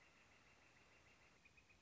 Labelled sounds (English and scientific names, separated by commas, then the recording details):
Northern Flicker (Colaptes auratus)
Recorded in Sonoma County, California